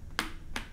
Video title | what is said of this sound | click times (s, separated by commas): Revolt Turismo Helmet Review | and it clicks into place. | 0.2 s, 0.6 s